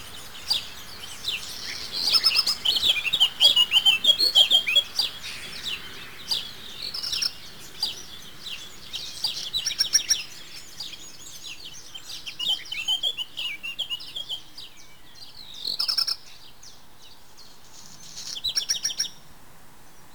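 Birdsong fills an outdoor field recording, with several birds chirping and trilling in quick, bright phrases, busiest in the first half. Sharp clicking bursts break in near 16 and 19 seconds, and a faint low rumble sits underneath throughout.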